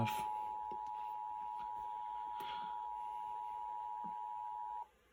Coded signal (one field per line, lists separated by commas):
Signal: Emergency Alert System (SAME) tones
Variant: 853 and 960 Hz attention tone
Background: speech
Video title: EAS 1078 - Capitol District RMT